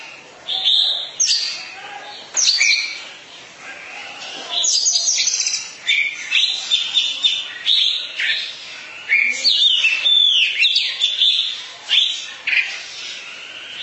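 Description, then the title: Oriental magpie-robin delivering varied whistled and chattering phrases that follow each other closely through the stretch. Long-duration song. "Kacer Durasi Panjang"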